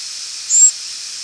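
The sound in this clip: Grasshopper sparrow call: one very high, thin, even note lasting under a quarter second, over a continuous bed of hiss.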